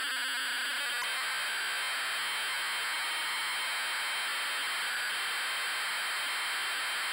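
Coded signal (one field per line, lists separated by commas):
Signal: ZX Spectrum tape loading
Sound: harsh buzzing data screech with rapid harmonic warble, then steady rough hiss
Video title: Green Beret Sinclair ZX Spectrum | Loading & Gameplay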